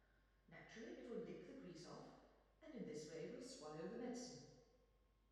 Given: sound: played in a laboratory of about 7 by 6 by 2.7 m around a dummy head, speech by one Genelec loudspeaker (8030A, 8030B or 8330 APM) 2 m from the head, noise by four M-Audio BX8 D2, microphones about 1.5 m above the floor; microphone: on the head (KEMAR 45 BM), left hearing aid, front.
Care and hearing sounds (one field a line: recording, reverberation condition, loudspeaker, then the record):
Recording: female speech in English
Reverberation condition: high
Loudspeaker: 90 degrees to the right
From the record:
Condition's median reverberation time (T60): about 1300 ms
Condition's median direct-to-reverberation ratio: about -4.0 dB